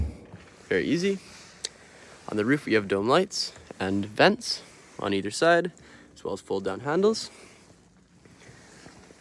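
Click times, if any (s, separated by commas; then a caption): 1.6 s. The second-row captain's seat in a 2019 Cadillac Escalade ESV SUV is pushed down until its latch clicks into place, and it comes up very easily. One sharp tick is heard at 1.7 seconds as the latch seats, while someone talks throughout the clip.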